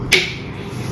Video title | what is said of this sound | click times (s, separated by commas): Manticore Metal Detector- Unboxing and Assembly (Tamil) #manticore | lock ஆகிடும். | 0.1 s